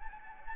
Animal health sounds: mosquito wingbeat signal from an infrared sensor; Anopheles gambiae

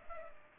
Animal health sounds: mosquito wingbeat signal from an infrared sensor; Culex pipiens

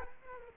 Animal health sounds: mosquito wingbeat signal from an infrared sensor; Culex quinquefasciatus

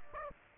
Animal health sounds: mosquito wingbeat signal from an infrared sensor; Aedes aegypti

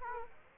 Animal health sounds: mosquito wingbeat signal from an infrared sensor; Aedes aegypti

